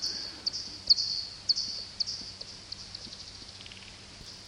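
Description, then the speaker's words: Pipistrelle bat echolocation, brought down to audible pitch: sharp, brief chirps about every half second, then fainter pulses, with a short falling run near the end. Ultrasound recording made audible for listening; the pipistrelle arrives in transit, giving short, brief calls. "Donc on entend la chauve-souris qui arrive, qui est en transit."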